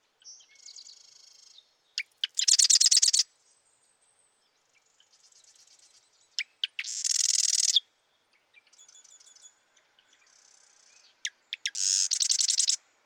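Marsh wren songs, each a few clicks then a loud harsh buzzing rattle, repeated about every four to five seconds, with softer chattering trills between them.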